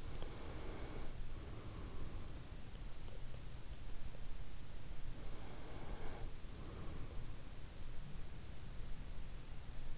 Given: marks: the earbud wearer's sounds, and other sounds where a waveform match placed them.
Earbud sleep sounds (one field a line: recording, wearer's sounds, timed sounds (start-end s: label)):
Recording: sounds in sleep by an in-ear microphone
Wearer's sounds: breath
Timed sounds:
0.00-2.84 s: breath
4.87-7.43 s: breath